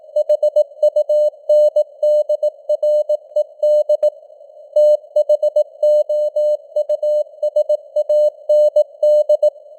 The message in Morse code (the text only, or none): HUNDRED THOUSAND